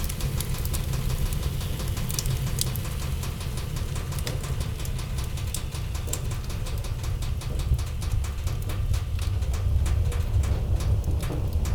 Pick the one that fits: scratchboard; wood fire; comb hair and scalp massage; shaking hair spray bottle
wood fire